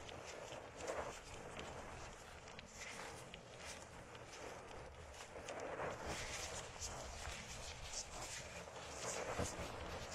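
Plants are rubbed and swept in circles around the ears, making a steady, dense rustle and crackle throughout. The scratchy sound swells in brighter waves, strongest near the first, sixth and ninth seconds, over a low rumbling undertone.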